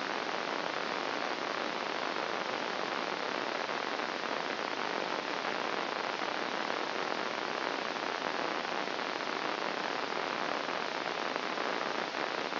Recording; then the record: brain microelectrode recording played as sound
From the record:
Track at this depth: inside the subthalamic nucleus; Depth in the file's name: 0.558 mm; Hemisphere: right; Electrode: 2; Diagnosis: Parkinson's disease